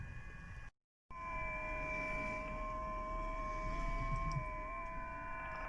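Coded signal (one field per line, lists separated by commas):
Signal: FT8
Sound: several faint steady whistling tones at different pitches over hiss, with a short silent gap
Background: radio static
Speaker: that's the unmistakable sound of a ft8 being received on the radio it sends out approximately 15 second little burst and there's a gap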